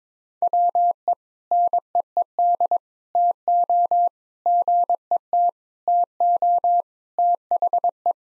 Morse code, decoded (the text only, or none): WE NEED TO GET TO THE